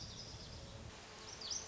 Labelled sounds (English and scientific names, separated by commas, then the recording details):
Lazuli Bunting (Passerina amoena)
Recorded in Sonoma County, California